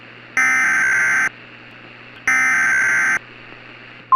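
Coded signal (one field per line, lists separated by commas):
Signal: Emergency Alert System (SAME) tones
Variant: header bursts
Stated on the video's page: Simulated NOAA Weather Radio thunderstorm scenario that may contain valid EAS tones, with an extremely realistic script and voice.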